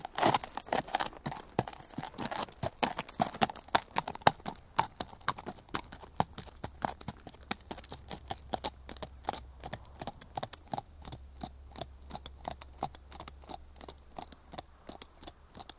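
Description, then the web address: Horse hoofbeats clopping on a hard surface, about two per second, continuing throughout with a faint low hum underneath. Horses walking and restless on tarmac, with saddle creaking and tail swishing, then trotting off to the right. "BBC Horses Walking"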